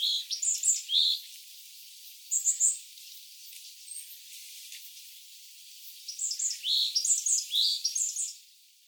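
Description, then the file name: Iriomote tit with short bursts of high, clear whistles at the start and midway, then a longer, faster phrase of sharp notes near the end. Song recorded on Iriomote, Japan, on 3 December 2024. "oriiyamagara iriomote"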